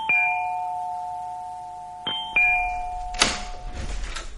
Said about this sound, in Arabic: أنا جيت النهاردة للأستاذ فؤاد وضربت الجرس